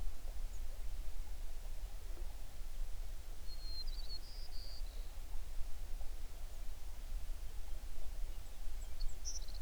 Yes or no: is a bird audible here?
yes